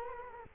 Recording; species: mosquito wingbeat signal from an infrared sensor; Culex quinquefasciatus